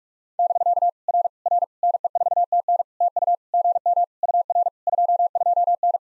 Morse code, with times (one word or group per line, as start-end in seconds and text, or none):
0.4-0.9 <BK>
1.1-1.3 R
1.5-1.6 R
1.8-2.8 NE4TN
3.0-3.4 TU
3.5-4.0 GM
4.2-4.7 UR
4.9-6.0 22N